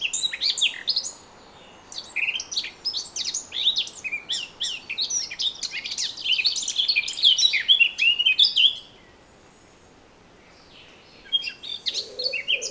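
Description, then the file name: Eurasian blackcap warbling in fast mixed notes, a short break, a longer run of warbling, then silence before a final short burst. "Sylvia atricapilla"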